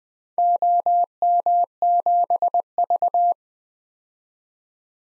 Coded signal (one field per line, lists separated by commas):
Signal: Morse code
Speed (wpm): 20 wpm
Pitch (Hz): 700 Hz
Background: none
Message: OM7V